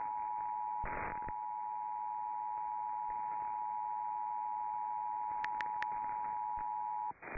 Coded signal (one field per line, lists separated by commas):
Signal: Emergency Alert System (SAME) tones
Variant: 853 and 960 Hz attention tone